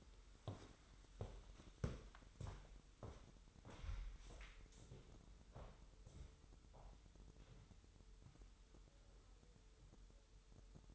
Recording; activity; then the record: daily activity, microphone in the room; walk to room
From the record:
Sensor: 3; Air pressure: 988.2 hPa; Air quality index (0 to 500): 183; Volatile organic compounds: 199 ppm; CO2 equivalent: 4211 ppm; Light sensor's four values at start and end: 24/74/31/27 and 24/75/31/27